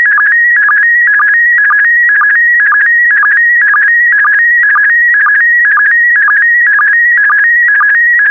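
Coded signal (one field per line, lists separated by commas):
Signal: SSTV (slow-scan television)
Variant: PD120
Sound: steady warbling electronic tone with a regular short low chirp about twice a second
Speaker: complete. You can now check your decoded image against the picture that is shown on the video.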